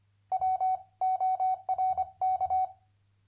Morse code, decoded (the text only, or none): WORK